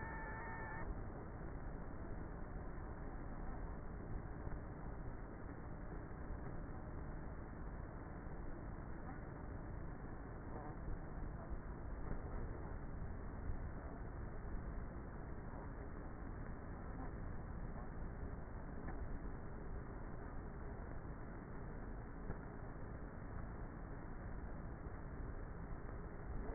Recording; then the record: honeybee colony, microphone inside the hive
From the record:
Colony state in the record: queenless with a low population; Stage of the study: before two queens were removed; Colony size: about 30,000 bees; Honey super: no